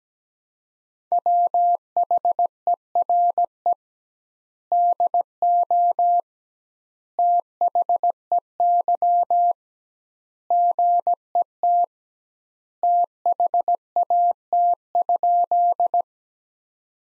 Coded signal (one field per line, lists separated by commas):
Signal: Morse code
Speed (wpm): 17 wpm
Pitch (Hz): 700 Hz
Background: none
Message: WHERE DO THEY GET THAT?